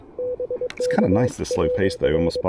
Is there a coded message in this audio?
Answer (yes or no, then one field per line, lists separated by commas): yes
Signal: Morse code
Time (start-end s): 0.2-2.4 s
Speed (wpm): 21 wpm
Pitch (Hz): 500 Hz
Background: speech, radio noise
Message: BK RR